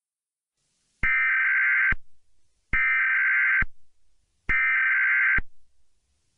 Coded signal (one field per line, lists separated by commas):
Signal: Emergency Alert System (SAME) tones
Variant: header bursts